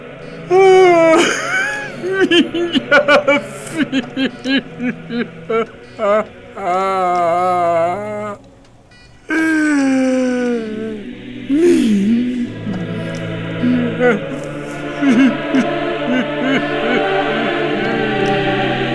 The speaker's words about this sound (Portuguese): Só conteve a nova onda de choro convulso com um grito sofrido, vencido.